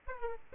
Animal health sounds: mosquito wingbeat signal from an infrared sensor; Aedes aegypti

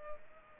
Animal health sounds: mosquito wingbeat signal from an infrared sensor; Culex pipiens

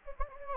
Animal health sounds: mosquito wingbeat signal from an infrared sensor; Anopheles gambiae

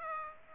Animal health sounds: mosquito wingbeat signal from an infrared sensor; Aedes aegypti

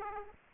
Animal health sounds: mosquito wingbeat signal from an infrared sensor; Aedes aegypti

